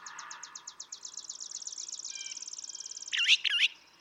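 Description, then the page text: Brown thrasher song: a fast, even trill of high ticking notes, then two loud, harsh doubled phrases near the end. Same male brown thrasher singing at Atlanta, Michigan, March 28, 2017; one of several selections totalling about three and a quarter hours; estimated repertoire about 1300 songs. "Birdsong for the Curious Naturalist. Brown thrasher. March 28, 2017. Atlanta, Michigan"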